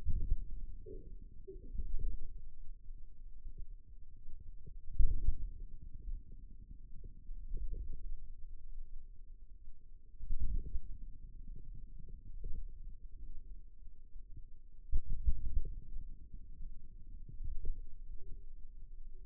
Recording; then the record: forearm muscle sounds (acoustic myography)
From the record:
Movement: outward rotation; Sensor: system 2, bracelet of six BSWA MPA416 microphones around the upper forearm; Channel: 3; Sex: male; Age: 22 years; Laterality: right